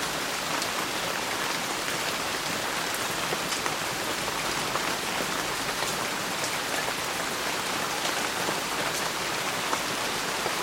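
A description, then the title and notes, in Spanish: Rain falls steadily on a roof in a dense, even hiss, with scattered drop taps throughout and a faint low rumble underneath. Lluvia en el tejado. Un chaparrón diurno.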